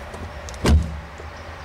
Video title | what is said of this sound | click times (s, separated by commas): How to make sure the top of your C8 Corvette never flies off #corvette | Now it's locked in. You can close the trunk. | 0.5 s